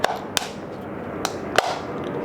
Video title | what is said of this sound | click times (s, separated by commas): A90 Supra B58 Oil Change | That's the small end that you want to push until you hear it click | 0.4 s, 1.6 s